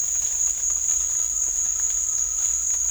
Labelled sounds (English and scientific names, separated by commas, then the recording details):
none
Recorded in dense forest near Puerto Asís, Putumayo, Colombia, on 21 December 2024 at 15:30
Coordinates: 0.484, -76.325
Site G056